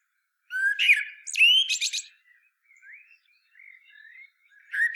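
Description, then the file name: Common blackbird song: low fluted warbling phrases followed by thin, squeaky high twitters, with quieter trailing notes and a new phrase starting at the end. "Turdus merula"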